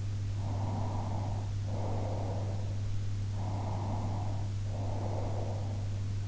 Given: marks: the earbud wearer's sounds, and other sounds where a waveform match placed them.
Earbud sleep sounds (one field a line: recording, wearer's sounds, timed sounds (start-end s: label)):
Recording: sounds in sleep by an in-ear microphone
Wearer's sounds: breath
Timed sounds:
0.31-2.98 s: breath
3.44-5.94 s: breath